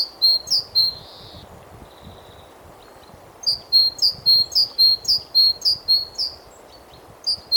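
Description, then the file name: Great tit repeating crisp, high two-note phrases, a few notes, a short gap, then a steady run of about ten notes over low background rumble. "Parus major"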